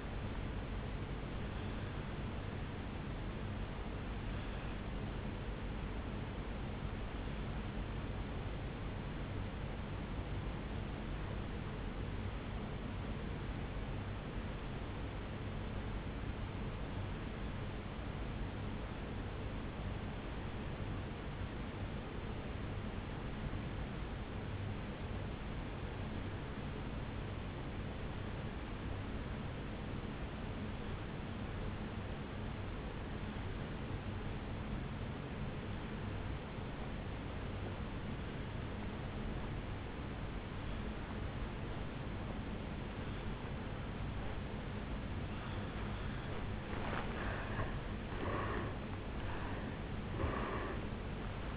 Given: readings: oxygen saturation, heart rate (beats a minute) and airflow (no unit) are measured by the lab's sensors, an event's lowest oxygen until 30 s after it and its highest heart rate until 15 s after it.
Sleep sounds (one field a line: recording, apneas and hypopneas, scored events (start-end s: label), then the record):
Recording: breathing in sleep by a voice recorder at the bedside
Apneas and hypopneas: 1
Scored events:
6.00-47.60 s: obstructive apnea (N1, oxygen 97% highest, then 82% lowest, heart rate 54 at the start, 75 highest)
From the record:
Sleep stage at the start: N1 (lightest sleep)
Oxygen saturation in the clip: 80 to 97%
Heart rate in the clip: 52 to 71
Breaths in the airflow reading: 3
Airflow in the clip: -12.8 to 5.5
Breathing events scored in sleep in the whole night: 449 in 7.0 hours asleep